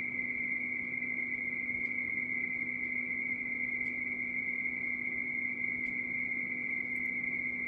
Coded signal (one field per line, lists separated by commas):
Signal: RTTY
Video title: C21MM 20m RTTY